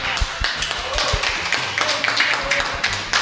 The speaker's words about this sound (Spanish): Un aplauso.